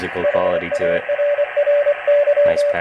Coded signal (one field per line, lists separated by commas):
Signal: Morse code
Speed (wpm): 24 wpm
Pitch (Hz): 580 Hz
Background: speech, radio noise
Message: HARRY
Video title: Tymkrs Ham Shack